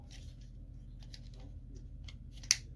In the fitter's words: pops into place there